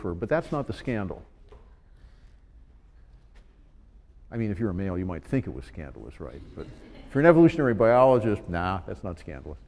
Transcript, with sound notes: But that's not the scandal; I mean, if you're a male you might think it was scandalous. Right? [Laughter] But for an evolutionary biologist, no, that's not scandalous.